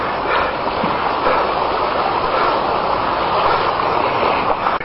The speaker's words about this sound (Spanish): ¡Se viene el mar! ¡Miren! ¡Mire cómo se viene el agua! ¡Mire cómo se viene el agua! ¡Se trajo un auto allá! ¡Mire cómo se sale el mar!